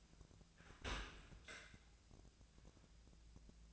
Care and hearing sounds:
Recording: daily activity, microphone in the room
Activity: open dishwasher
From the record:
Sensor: 2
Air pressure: 1000.3 hPa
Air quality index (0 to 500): 162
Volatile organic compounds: 3 ppm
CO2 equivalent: 1341 ppm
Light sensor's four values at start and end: 13/35/14/16 and 13/35/14/16

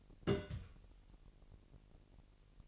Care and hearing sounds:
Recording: daily activity, microphone in the room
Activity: place on stove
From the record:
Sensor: 4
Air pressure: 1002.8 hPa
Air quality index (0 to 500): 247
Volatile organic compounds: 11 ppm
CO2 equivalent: 2319 ppm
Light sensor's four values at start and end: 8/18/7/7 and 8/18/7/7

